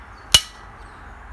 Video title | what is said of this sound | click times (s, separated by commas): 5.11 Tactical Karambit Steve Tarani - A Hidden Gem | This is a nice tight, you can hear it lock up, | 0.3 s